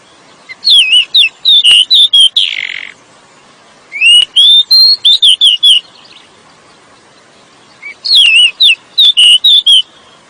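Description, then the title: Oriental magpie-robin delivering three rich whistled phrases of rapid twisting notes, each phrase about two seconds long, separated by brief silences. "SUARA KACER HUTAN"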